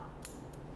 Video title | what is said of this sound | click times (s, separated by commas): Enfermagem Cirúrgica - Parte 2 - Profª Jucirene Lessa | cache tem que encaixar e fazer o clique se não fizer o clique não tá encaixado | 0.2 s